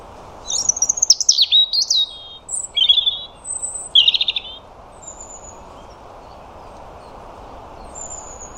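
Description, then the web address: European robin song of tumbling, wavering high phrases and squeaky notes, fading into quiet with occasional thin whistles. "Deverinetal 2025 File origin Bird Only Er Ru"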